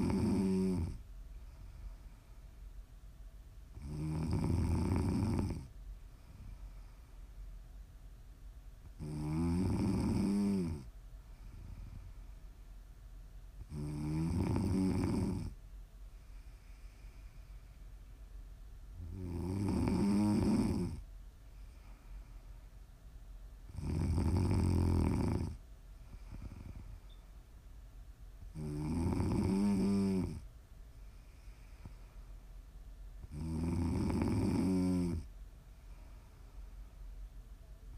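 Snoring repeats in a slow, steady rhythm, one loud rasping breath roughly every five seconds, each lasting a second or two. The snores are low and rumbling with a rattling, buzzy edge, and between them there is only a faint hiss of quiet breathing.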